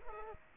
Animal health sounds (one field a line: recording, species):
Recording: mosquito wingbeat signal from an infrared sensor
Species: Culex quinquefasciatus